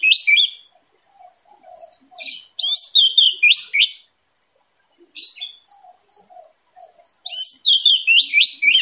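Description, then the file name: Orange-headed thrush song: rich, varied phrases of sweet whistles and harsh buzzy notes delivered in loud bursts separated by short pauses, with soft lower twitters between. "suara anis merah teler gacor dor"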